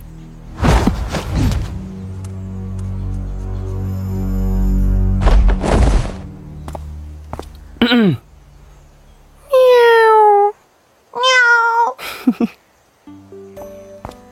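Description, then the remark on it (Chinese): Several drawn-out, pitch-gliding meows from a cat addressed as Da Mao ("big cat") follow a stretch of low rumbling and thumps, each meow rising then falling in a whiny tone, with short gaps between them. “大猫， 你来干什么？”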